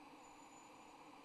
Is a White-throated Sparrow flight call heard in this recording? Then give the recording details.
no. No flight call is heard. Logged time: 05:56 on 25 November 2014